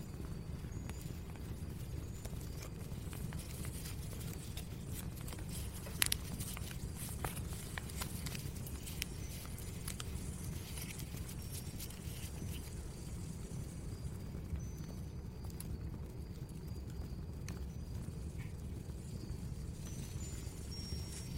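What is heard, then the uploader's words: Crinkling and scraping, like a bag being torn and stirred, keeps up steadily over a low hum, with one sharp clink near six seconds. The bell, tearing the packaging bag, and stirring.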